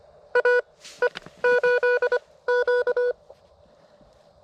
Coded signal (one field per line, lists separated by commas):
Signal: Morse code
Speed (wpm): 25 wpm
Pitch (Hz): 490 Hz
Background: none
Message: AE8Q